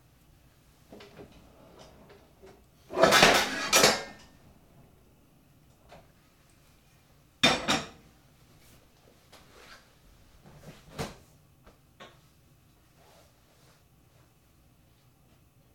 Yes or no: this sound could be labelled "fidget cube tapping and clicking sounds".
no